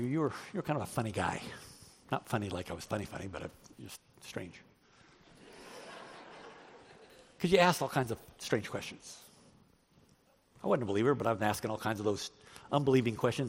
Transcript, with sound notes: You were kind of a funny guy.” He didn’t mean funny like I was funny, funny, but I was just strange. (Laughter!) He said, “You asked all kinds of strange questions.” I wasn’t a believer, but I was asking all kinds of unbelieving questions.